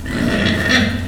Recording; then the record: squeal of a Yucatan mini pig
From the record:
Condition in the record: after surgery on the right vocal fold (resection and tissue-engineered implant); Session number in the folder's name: 5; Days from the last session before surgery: 33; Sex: female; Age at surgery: 19 weeks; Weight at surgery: 25 kg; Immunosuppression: prednisolone